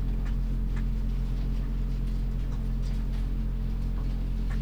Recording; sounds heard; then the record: poultry house recording; sick chickens (respiratory disease)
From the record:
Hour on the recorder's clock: 23